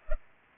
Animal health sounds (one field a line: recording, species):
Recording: mosquito wingbeat signal from an infrared sensor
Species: Culex pipiens